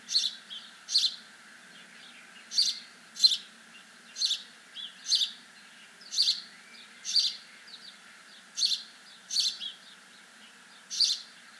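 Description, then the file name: House sparrow giving short, sharp chirps, repeated roughly once a second in an irregular series, with faint low background hum. "Passer domesticus"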